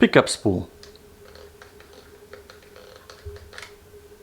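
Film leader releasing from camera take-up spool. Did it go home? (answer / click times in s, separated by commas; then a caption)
released / 3.6 s. Someone talks briefly as 35mm film is rewound with the rewind crank on a Ricoh KR-5 Super II camera, with soft ticking from the rewind between 0.8 and 3.1 seconds. At 3.6 seconds the film leader clicks off the take-up spool and releases, leaving the leader ready to stay out of the cartridge.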